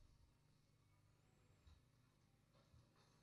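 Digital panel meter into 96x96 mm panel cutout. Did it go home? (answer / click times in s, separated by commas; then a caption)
no / none. A Crompton Instruments Integra INT-1222-S-010 digital energy meter with its gasket is handled at a standard 96x96 mm panel cutout, where its integral snap mounting clips are meant to catch. Only a steady low hum is heard, with faint soft bumps near 1.7 and 2.8 seconds. Nothing has seated or clicked yet.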